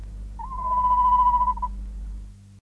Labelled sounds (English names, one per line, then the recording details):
Tawny Owl
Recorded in captivity
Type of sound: warble
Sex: female
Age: adult
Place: Zoo Hannover, Niedersachsen, DE
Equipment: Halbspur, 9,5 cm/s
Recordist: Lütgens, Hans
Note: Weibchen begrüßt Männchen bei Futterübergabe am Nest, mit Jungen